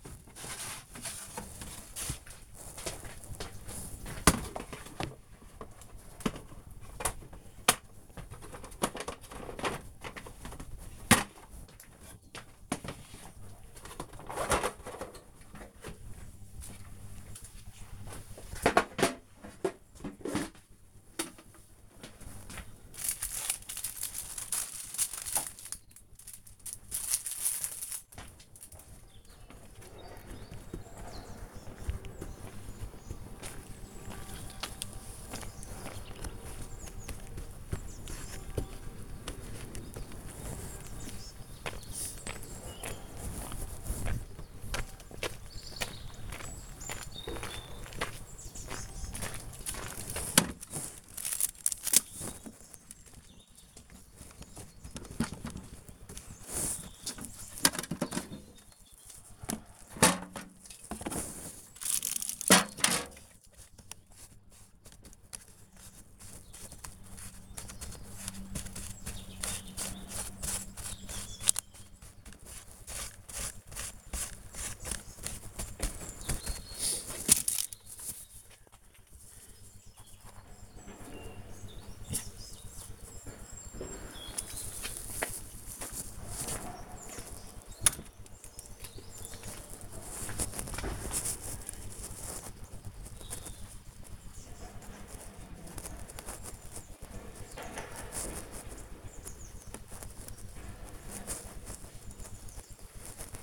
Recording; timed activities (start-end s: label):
household activities, microphone on the right wrist
31.93-103.42 s: sowing seeds